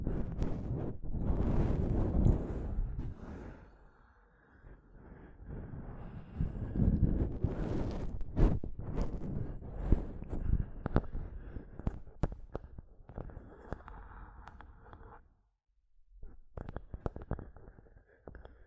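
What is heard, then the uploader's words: Microphone tapping and scratching: heavy low rumbling scrapes and thuds swell and fade in uneven bursts through most of the stretch. Sharp taps crack out irregularly, especially from about ten seconds on, then sound cuts nearly silent around fifteen seconds before scattered taps return. ASMR Mic Tapping and Scratching (No Talking).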